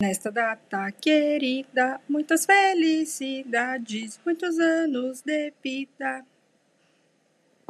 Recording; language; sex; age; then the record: short text; Brazilian Portuguese; female; 30 to 39 years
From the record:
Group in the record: control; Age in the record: 35 years